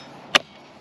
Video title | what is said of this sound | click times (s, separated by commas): Black & Decker Cordless Yard Tools Review - Chain saw, hedge trimmer and weed whipper | clicks into place very simple this came with a battery and I think this was about 100 | 0.4 s